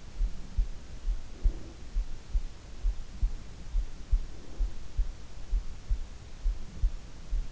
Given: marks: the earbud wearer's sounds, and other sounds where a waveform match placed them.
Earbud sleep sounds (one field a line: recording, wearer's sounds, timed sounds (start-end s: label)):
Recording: sounds in sleep by an in-ear microphone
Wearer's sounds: breath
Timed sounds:
1.15-2.05 s: breath
4.20-5.16 s: breath